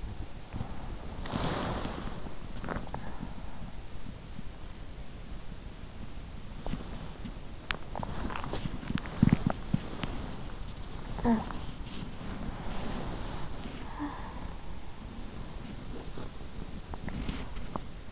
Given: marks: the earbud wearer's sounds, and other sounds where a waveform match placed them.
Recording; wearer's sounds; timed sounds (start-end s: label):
sounds in sleep by an in-ear microphone; body movement, talking in sleep
0.00-3.88 s: body movement
6.80-18.11 s: body movement
10.92-11.94 s: talking in sleep
13.78-14.46 s: talking in sleep